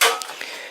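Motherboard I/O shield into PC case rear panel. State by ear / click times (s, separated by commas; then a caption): seated / 0.0 s, 0.2 s, 0.4 s. A metal motherboard I/O shield is pressed firmly into the rear opening of a PC case. A loud, bright metallic snap at 0.0 s rings off, followed by two short, sharp clicks at 0.2 s and 0.4 s. The shield is seated in the case.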